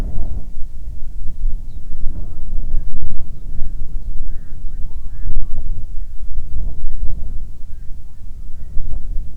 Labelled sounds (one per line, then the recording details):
songbird
waterfowl
wind
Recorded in the Arctic National Wildlife Refuge, Alaska, on 9 July 2019 at 22:40
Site 48